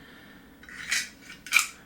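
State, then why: Seated. A magazine spring is snapped onto the insert or follower of an Agency Arms magazine extension before it goes back into the pistol magazine body. A brief scrape and rustle of metal build up around 0.7–1.0 s, followed by a sharp, bright click at 1.6 s. The spring is seated on the insert.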